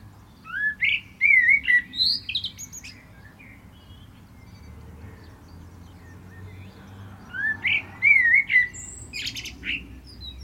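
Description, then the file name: Common blackbird song: two phrases of low, mellow fluted warbling, each ending in a high, thin squeaky twitter, separated by several seconds of quiet with a low background rumble. "Turdus merula"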